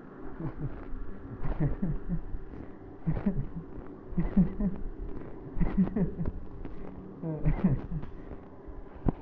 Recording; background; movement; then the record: laughter; traffic; sitting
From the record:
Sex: male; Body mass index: 20.5 kg/m2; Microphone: on the chest, facing the body